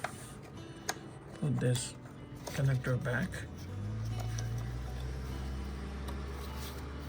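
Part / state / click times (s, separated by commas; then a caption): wiring harness connector onto ignition coil / not seated / none. On a 2015 Honda Accord, after a spark plug is replaced, the wiring harness connector is handled to be pushed back onto the ignition coil while someone talks. Brief handling taps are heard at about 0.1, 0.9, 1.4 and 4.4 s, with a steady low hum from about 3.7 s onward. Nothing has seated or clicked yet.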